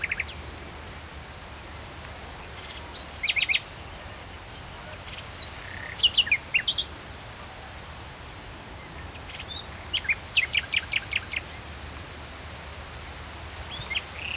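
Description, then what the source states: Common nightingale delivering scattered phrases of sharp chirps and quick repeated trills, separated by pauses, over a faint continuous high-pitched background pulsing. Recorded at Saint-Chamas, Provence-Alpes-Côte d'Azur, France, just before nightfall, with other birds present; line audio, MixPre-3 II recorder.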